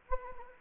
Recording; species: mosquito wingbeat signal from an infrared sensor; Anopheles gambiae